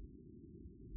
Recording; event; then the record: neck accelerometer signal played as sound; no cough (speech, laughter, throat clearing or background)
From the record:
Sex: female